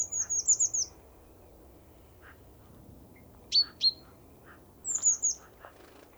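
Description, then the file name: Great tit with a fast string of very high, thin notes, two sharp downslurred notes in the middle, and another high string later, with faint lower chips in between. "Parus major"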